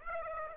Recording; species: mosquito wingbeat signal from an infrared sensor; Aedes aegypti